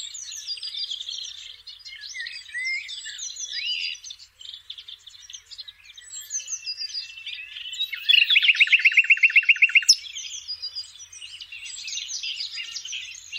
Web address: Sounds nightingale